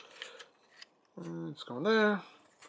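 A swappable plastic toy windshield panel is handled and lined up against the chest of an action figure, giving a few light clicks and rubs in the first second. Someone then talks over a quiet background. The part has not popped into place yet, and nothing has seated.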